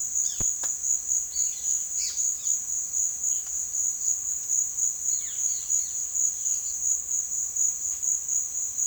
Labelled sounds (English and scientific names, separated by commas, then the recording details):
Gray-capped Flycatcher (Myiozetetes granadensis), Violaceous Jay (Cyanocorax violaceus)
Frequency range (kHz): Gray-capped Flycatcher (Myiozetetes granadensis) 1.0-6.2 kHz; Violaceous Jay (Cyanocorax violaceus) 2.2-3.7 kHz
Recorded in secondary vegetation near Puerto Asís, Putumayo, Colombia, on 25 June 2025
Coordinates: 0.488, -76.319
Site G094